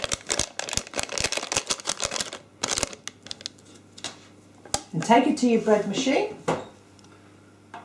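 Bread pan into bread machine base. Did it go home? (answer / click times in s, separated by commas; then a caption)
no / none. A filled bread pan is handled and carried toward a bread machine, to be pushed onto its base. A run of sharp clatters and rustles fills the first three seconds, then someone talks, and a few faint knocks follow near the end. Nothing has seated or clicked into place yet.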